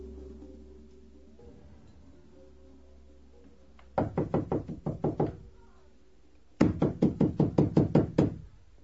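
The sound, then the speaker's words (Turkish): Loud, rapid knocking on a door in two insistent bursts, first about eight sharp raps, then a pause and a longer, harder run of heavy blows over a low steady hum. “aç şu kapıyı! Kim çalıyorsa kıracak ayol, aç!”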